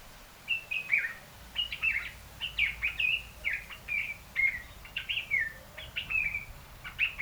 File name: African red eyed bulbul